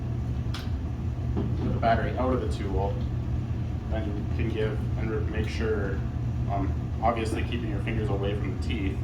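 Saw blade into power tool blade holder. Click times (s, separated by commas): 0.5 s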